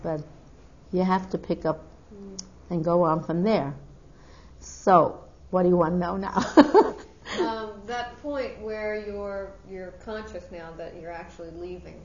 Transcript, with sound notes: But you have to pick and go on from there. So what do you want to know now? (She laughs.)
Uh, that point where you're, you're conscious now that you're actually leaving.